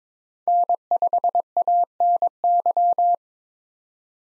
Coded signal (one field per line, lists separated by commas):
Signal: Morse code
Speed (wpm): 22 wpm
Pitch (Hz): 700 Hz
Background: none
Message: N5ANY